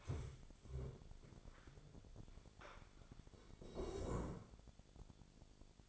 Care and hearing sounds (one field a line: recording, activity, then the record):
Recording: daily activity, microphone in the room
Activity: stand up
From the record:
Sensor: 5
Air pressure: 1000.6 hPa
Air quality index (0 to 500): 142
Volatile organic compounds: 2 ppm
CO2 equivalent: 1098 ppm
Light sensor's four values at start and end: 45/104/43/45 and 45/104/43/45